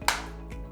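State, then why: Seated. The paper compartment lid of a handheld mobile label printer is closed over the paper roll and snaps shut with a sharp click at 0.1 s, showing it is engaged and seated. A steady low tonal background continues throughout, with a fainter soft sound near 0.5 s.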